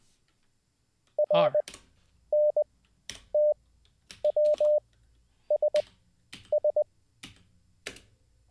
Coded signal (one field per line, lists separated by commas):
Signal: Morse code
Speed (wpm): 20 wpm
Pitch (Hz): 600 Hz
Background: none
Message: RNTWSS